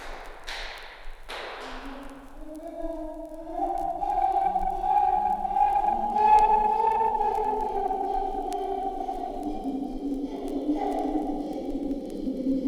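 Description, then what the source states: Chimpanzee hoots rising in a stepped series of tonal calls, building louder and higher over several seconds, with a few sharp knocks at the start. Male chimpanzee Toni, captive at Zurich Zoo ape house; unpredictable temper outburst releasing pent-up excitement: lips pushed forward, rhythmic beating on bars, hoots, clapping, hair bristling, final bang and scream; also occurs in wild.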